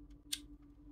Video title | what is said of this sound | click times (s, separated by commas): CableMod NVIDIA 12VHPWR Replacement Cable - First impression #shorts | I would plug this guy right in here make sure you hear the click when you hear that click then it's safe | 0.3 s